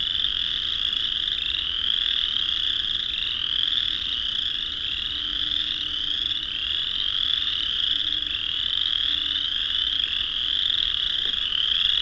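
A massed chorus of countless chorus frogs fills the whole clip, a dense, unbroken wall of shrill, rising trills overlapping without pause. The level stays steady throughout, with a faint low hum underneath and a few brief low tones around the middle.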